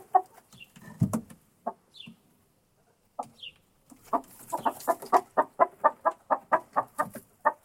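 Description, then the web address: Chicken clucking, scattered clucks and faint high peeps, then a fast regular run of clucks. Hen in a henhouse. "monde des sons poule dans le poulailler"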